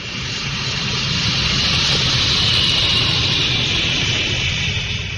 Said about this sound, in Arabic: في مطار طنجة كانت الطائرة التي تقل كريم الصالحي قد باشرت عملية الهبوط.